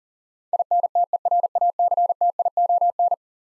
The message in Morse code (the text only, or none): INTERACTION